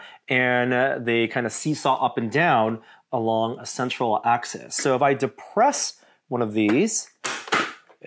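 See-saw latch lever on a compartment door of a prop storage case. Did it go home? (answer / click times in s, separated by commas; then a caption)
released / 7.3 s, 7.5 s. Someone talks while pressing down a see-saw latch lever on a compartment door of a plastic replica Camtono prop storage case. The spring latch clicks open at 7.3 s and 7.5 s, and the spring-loaded door pops open, released.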